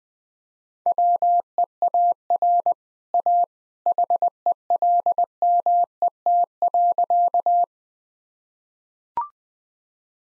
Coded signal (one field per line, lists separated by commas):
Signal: Morse code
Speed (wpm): 20 wpm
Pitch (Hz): 700 Hz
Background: none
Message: WEAR A HELMET.